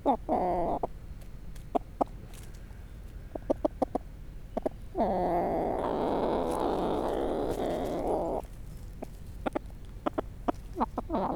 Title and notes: 145 Bd Robert Barrier, 73100 Aix-les-Bains, France - Poule. Discussion avec une poule Brahma seule dans son enclos